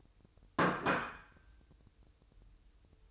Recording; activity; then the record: daily activity, microphone in the room; place plate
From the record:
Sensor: 2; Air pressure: 988.5 hPa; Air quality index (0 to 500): 193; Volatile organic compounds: 194 ppm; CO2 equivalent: 4193 ppm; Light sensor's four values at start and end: 19/64/25/24 and 19/64/25/24